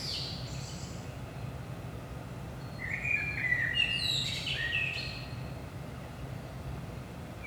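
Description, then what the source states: Common blackbird phrase in the middle: low mellow whistles rising into squeaky high notes, with fragments of other phrases at the start and end, over quiet background rumble. Blackbird at 5 am in the early morning, Saint-Gilles, Belgium; DPA 4060 microphones in AB position into a Zoom F3.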